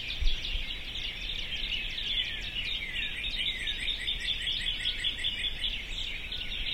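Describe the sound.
Birds singing in a dense chorus, many overlapping high chirps and twitters running continuously, with a low steady background rumble.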